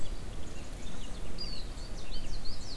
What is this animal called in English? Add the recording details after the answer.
Eurasian Blackcap. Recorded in Germany. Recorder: ecoPi